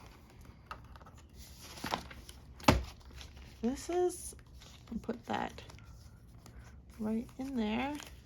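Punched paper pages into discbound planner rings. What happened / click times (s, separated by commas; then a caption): Pages handled on the discs, not yet seated / none. Punched paper pages are handled and pushed toward the plastic discs of a discbound planner, with paper rustling, crinkling and a few sharp ticks, the loudest near 2.7 s. Someone talks at intervals. Nothing has seated or clicked yet.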